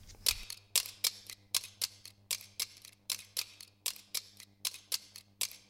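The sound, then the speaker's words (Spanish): Scissors and a bottle are played as percussion: sharp, bright snipping clicks repeat in a steady, quick rhythm, roughly four per second, over a faint low hum, with no voices. “Bueno, pues de él hemos elegido el tema, que está interpretado además por unas tijeras y una botella”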